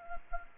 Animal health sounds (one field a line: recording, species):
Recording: mosquito wingbeat signal from an infrared sensor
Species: Culex quinquefasciatus